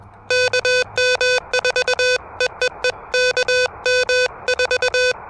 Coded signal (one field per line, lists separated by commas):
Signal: Morse code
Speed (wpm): 21 wpm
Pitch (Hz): 500 Hz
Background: music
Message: KM4 E E E KM4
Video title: Morse Code In-Hand: Fast POTA with the Elecraft KH1!